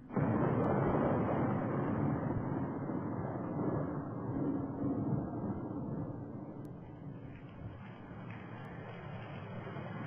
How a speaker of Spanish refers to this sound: Llueve en la ciudad de Barcelona. Negros nubarrones anuncian la tormenta sobre el reino de España